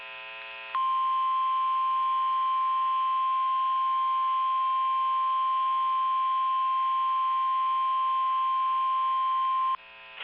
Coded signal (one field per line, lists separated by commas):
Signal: Emergency Alert System (SAME) tones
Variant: 1050 Hz attention tone